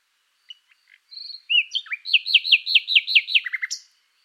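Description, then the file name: Common nightingale song: a few soft scattered notes, then a loud run of rapid repeated slurred whistles ending in a low buzzy burst and a sharp high note. "Luscinia megarhynchos"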